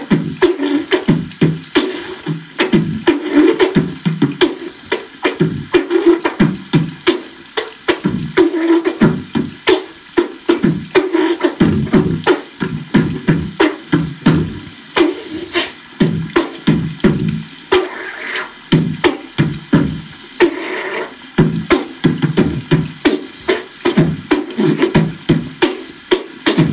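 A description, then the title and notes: Beatboxing under running water: a fast, busy stream of clicks, pops and thuds that keeps a steady rhythm for the whole clip. Low, thick punches dominate, with a constant watery hiss above and a couple of brighter vocal tones around the 18 and 21 second marks. Beatbox under running water, resultet in small sound effects.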